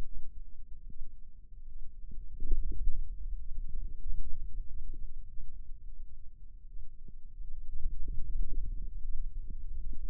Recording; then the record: forearm muscle sounds (acoustic myography)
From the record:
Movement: radial deviation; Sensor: system 2, bracelet of six BSWA MPA416 microphones around the upper forearm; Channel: 2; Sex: female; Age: 25 years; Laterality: right